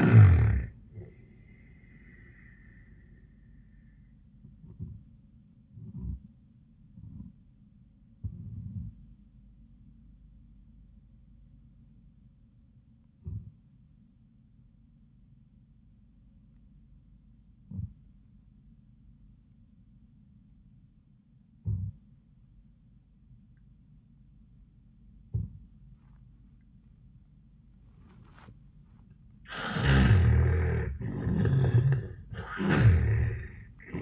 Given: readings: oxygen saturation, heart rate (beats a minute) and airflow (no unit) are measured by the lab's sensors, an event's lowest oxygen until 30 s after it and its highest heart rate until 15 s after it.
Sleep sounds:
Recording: breathing in sleep by a smartphone at the bedside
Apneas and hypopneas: 1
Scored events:
5.00-29.40 s: hypopnea (N1, oxygen 96% highest, then 77% lowest, heart rate 88 at the start, 94 highest)
From the record:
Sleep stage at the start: N1 (lightest sleep)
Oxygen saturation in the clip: 76 to 96%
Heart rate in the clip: 73 to 90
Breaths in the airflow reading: 5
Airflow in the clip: -15.3 to 14.4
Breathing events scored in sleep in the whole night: 400 in 8.7 hours asleep

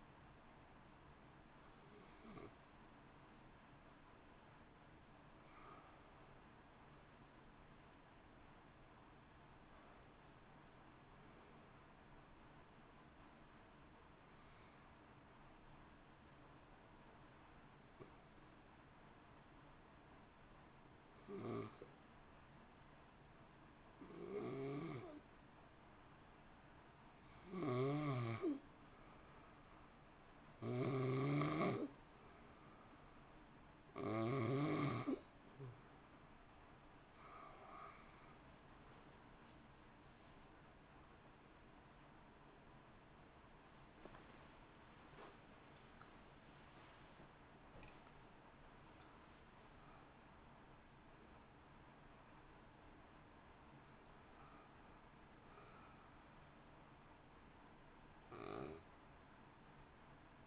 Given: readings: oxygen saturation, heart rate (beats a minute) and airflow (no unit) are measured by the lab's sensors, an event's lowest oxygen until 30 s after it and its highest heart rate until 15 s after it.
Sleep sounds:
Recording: breathing in sleep by a voice recorder at the bedside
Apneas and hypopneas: 1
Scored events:
12.00-26.20 s: hypopnea (N1, oxygen 95% highest, then 90% lowest)
15.00-45.00 s: new sleep stage, N2 (light sleep)
45.00-60.47 s: new sleep stage, N1 (lightest sleep)
From the record:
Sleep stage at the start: N1 (lightest sleep)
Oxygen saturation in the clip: 90 to 95%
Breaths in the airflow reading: 17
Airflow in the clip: -2.2 to 3.6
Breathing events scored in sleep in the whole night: 328 in 6.3 hours asleep

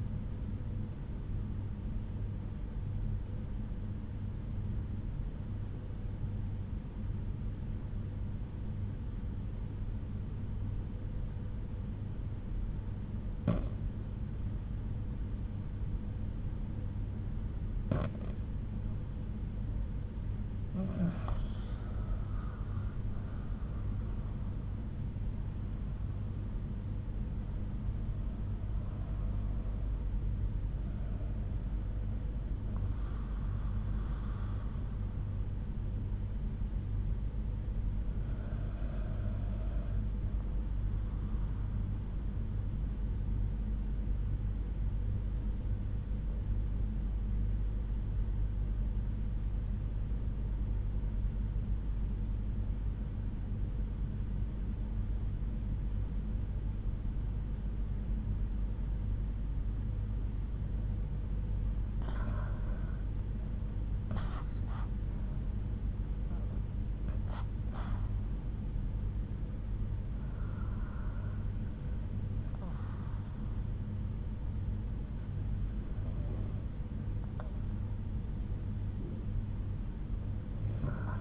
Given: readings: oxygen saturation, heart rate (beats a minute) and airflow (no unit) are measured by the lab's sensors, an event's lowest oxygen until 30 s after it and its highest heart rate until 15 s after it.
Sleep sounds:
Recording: breathing in sleep by a smartphone at the bedside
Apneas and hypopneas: 2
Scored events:
3.00-21.80 s: obstructive apnea (REM, oxygen 95% highest, then 91% lowest)
50.00-63.50 s: obstructive apnea (REM, oxygen 98% highest, then 92% lowest)
From the record:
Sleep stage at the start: REM sleep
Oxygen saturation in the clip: 91 to 98%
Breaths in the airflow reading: 9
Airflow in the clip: -8.7 to 7.4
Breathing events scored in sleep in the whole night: 368 in 8.0 hours asleep

